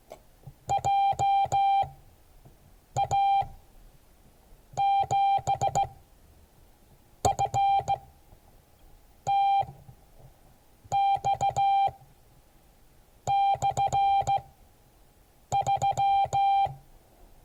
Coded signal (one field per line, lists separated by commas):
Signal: Morse code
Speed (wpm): 15 wpm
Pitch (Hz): 790 Hz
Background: none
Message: JA7FTX/3